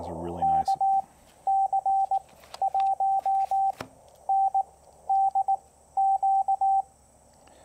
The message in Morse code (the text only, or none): KC1NDQ